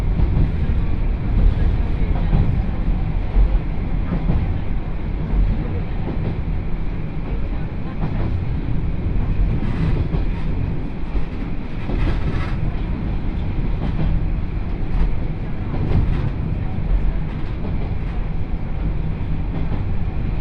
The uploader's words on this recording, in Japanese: 鉄道旅 予土線 宇和島→近永。キハ５４のロングシートにもう1両トロッコ車両がついていますが、こちらは途中の江川崎から乗車可能で、それに乗る人たちで混雑しています。